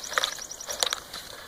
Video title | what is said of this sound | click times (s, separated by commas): How To Restring Your Sting Trimmer The Easy Way. | and push it down until it clicks | 0.8 s